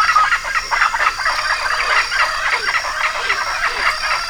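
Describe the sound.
Bird giving rapid, rough chattering calls in quick bursts throughout, with a constant high-pitched hiss behind.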